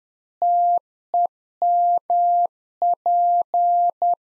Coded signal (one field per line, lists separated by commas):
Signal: Morse code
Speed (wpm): 10 wpm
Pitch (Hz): 700 Hz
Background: none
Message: TEMP